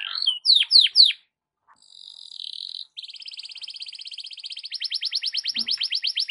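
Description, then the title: Canary giving three loud sweeping whistles, a short silence, a soft buzzy phrase, then a ringing trill that grows louder toward the end. Belgian canary song in the morning, for warming up Belgian canaries; suitable for masteran (tutoring other birds). "Canto Para Esquentar Canário Belga. SUARA BURUNG KENARI DI PAGI HARI COCOK BUAT MASTERAN"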